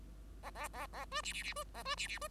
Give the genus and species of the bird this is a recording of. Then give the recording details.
Lonchura striata domestica. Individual Bird5